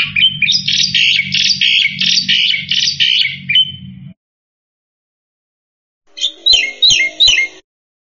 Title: Jalak Putih